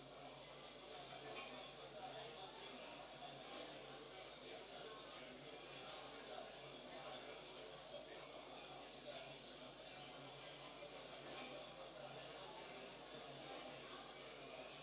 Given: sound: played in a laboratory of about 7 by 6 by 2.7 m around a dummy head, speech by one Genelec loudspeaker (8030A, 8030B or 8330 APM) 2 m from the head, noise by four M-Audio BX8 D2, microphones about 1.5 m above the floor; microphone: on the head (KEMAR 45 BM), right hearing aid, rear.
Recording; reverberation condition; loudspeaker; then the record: cafeteria noise; medium; four, about 170 cm from the corners of the room and facing them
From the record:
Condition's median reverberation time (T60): about 510 ms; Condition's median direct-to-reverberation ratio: about -0.5 dB